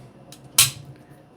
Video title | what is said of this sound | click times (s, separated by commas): How to Clean a Taurus G2 Magazine: The Ultimate Guide | bis es wieder einrastet. | 0.6 s